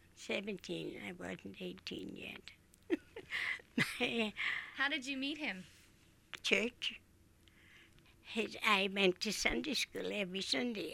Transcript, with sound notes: Seventeen, I wasn't eighteen yet. [Laughs]
How did you meet him?
Church. I went to Sunday school every Sunday.